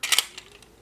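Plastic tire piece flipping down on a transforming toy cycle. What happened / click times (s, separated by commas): The plastic flip-down part did not seat / none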